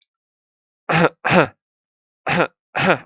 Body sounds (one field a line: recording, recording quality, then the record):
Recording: shallow voluntary cough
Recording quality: excellent, no background noise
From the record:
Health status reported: exposed to COVID-19, no respiratory illness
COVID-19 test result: not tested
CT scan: not taken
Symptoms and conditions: cough, fever, fatigue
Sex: male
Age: 35 years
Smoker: no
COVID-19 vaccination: none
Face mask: not worn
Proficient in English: yes